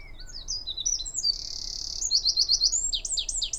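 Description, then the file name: Eurasian wren song: shrill, rapid notes running into a buzzing trill and then a string of quick, sharp ticks, all very high-pitched and vigorous. "Troglodytes troglodytes"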